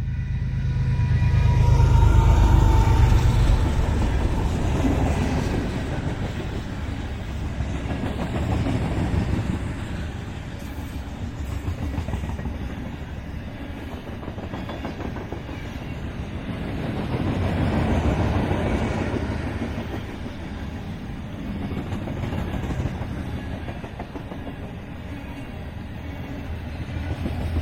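A freight train passes with a heavy, low rumble that is loudest in the first few seconds, then settles into a steady rolling roar. Faint clickety-clack of wheels runs throughout, with the sound swelling again around eighteen seconds and near the end.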